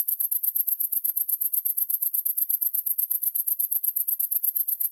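Cricket chirping: high, thin pulses repeated steadily and rapidly throughout, with no other clear sounds.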